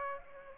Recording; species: mosquito wingbeat signal from an infrared sensor; Aedes aegypti